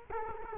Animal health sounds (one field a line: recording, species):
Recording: mosquito wingbeat signal from an infrared sensor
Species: Culex quinquefasciatus